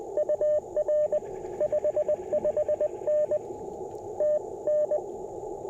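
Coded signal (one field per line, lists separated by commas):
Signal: Morse code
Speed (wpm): 21 wpm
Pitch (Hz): 600 Hz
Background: radio noise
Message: UR 55N TN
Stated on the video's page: QRP CW Parks on the Air activation with an Icom IC-705, Modern Morse Nameless key, Packtenna random wire and Elecraft T1 tuner.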